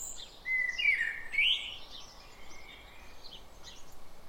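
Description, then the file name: Common blackbird giving one short mellow warbled phrase, rising at the end, followed by faint high twitters. "Turdus merula"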